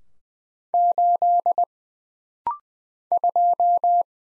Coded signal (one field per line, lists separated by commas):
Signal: Morse code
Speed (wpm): 20 wpm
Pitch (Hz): 700 Hz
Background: none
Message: 8 2